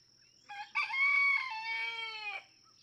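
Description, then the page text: Red junglefowl (chicken): rooster giving one long crow, a short opening note then a sustained, slowly falling harmonic-rich call lasting nearly two seconds. Several roosters in a barnyard just outside Mammoth Cave National Park, Kentucky, June 2, 2010; each rooster crows differently, individual crow variation. "Birdsong for the Curious Naturalist. Red junglefowl (chicken) No two roosters crow alike in this Kentucky barnyard. June 2, 2010. Just outside Mammoth Cave National Park, Kentucky"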